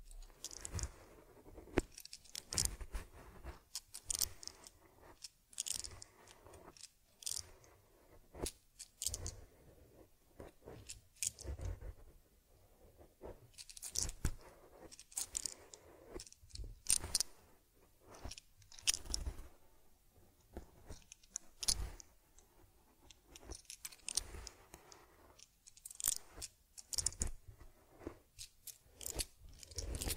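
Brushing and combing on a teddy bear's fur, heard as a steady run of short, crisp scratchy strokes. Bursts come every second or so, some sharp and bright like jangling or crunching, with quieter rubbing between them across the whole half minute.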